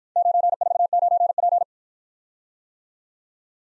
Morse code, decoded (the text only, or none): 949P